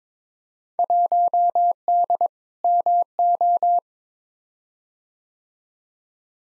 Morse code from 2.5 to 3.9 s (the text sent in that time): MO